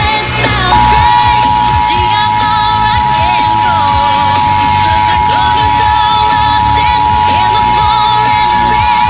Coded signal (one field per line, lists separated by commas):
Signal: Emergency Alert System (SAME) tones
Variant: 853 and 960 Hz attention tone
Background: music